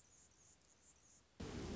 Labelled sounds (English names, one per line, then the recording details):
Anna's Hummingbird
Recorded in Sonoma County, California